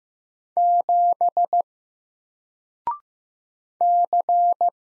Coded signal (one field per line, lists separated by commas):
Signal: Morse code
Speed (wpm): 15 wpm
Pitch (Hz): 700 Hz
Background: none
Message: 7 C